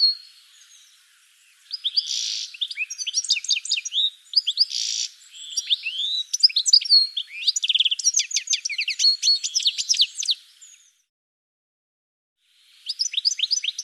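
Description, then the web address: Bird giving a long, intricate warbling song of rising whistles, clicks and quick trills after a faint opening, pausing briefly before another rapid phrase. "cianscape birddata"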